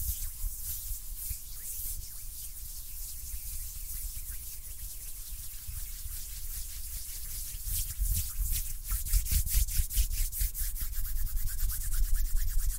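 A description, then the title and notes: Hands rub and brush against each other in a dry, scratchy rasp, steady through the first half. After about eight seconds the rubbing grows louder and quicker, breaking into rapid strokes, with a low thudding rumble underneath throughout. ASMR HAND SOUNDS NO TALKING.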